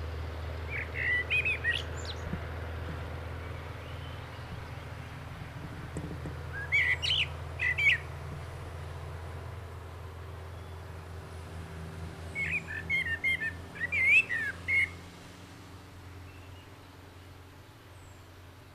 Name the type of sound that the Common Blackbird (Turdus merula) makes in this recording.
song